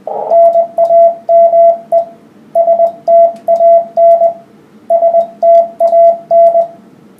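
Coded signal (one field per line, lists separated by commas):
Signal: Morse code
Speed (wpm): 19 wpm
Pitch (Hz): 670 Hz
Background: none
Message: NAME STAN STAN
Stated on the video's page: 10 meter amateur CW band, a contact with a station in Japan using a matched antenna.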